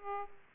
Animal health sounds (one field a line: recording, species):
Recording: mosquito wingbeat signal from an infrared sensor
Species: Aedes aegypti